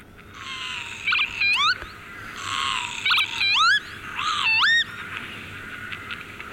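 Northern Lapwing calling: three bursts of wheezy, sharply rising 'pee-wit' notes, with rushing noise between them.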